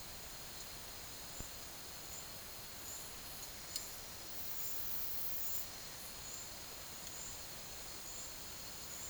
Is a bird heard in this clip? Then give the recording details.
no. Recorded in secondary vegetation near Puerto Asís, Putumayo, Colombia, on 24 March 2025 at 12:00. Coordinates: 0.489, -76.322. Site G042